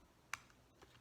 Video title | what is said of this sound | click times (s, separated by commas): installing a Quartz Movement | We're going to put that little pipe over top of that pin and push down slightly till it snaps. | 0.3 s